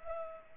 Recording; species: mosquito wingbeat signal from an infrared sensor; Culex pipiens